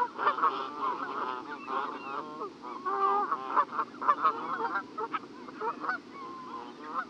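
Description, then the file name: Canada Goose: Canada Geese calling together, a busy run of overlapping, reedy honks. Several geese. "Canada Geese (Branta canadensis)"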